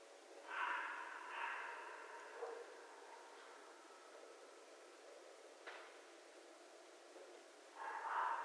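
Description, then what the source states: Red fox screams: two harsh, raspy bursts in quick succession near the start, then a long pause and a third rough scream at the end. Recorded 11 January 2012.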